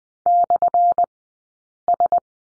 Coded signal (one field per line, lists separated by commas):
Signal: Morse code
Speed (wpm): 20 wpm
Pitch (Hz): 700 Hz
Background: none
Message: /S